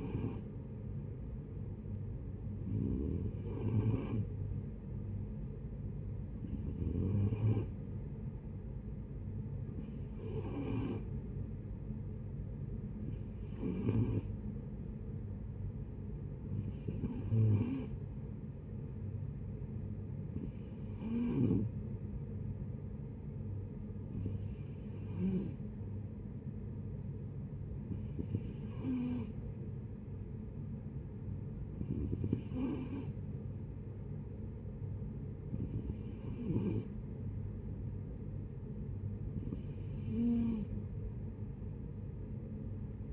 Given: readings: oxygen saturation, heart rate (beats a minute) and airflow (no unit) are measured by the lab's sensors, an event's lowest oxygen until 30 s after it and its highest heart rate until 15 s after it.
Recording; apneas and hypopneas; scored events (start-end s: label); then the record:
breathing in sleep by a smartphone at the bedside; none
none scored
From the record:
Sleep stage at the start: N2 (light sleep); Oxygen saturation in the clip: 91 to 92%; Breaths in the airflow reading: 12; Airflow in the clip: -8.9 to 5.5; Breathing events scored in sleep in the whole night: 496 in 5.4 hours asleep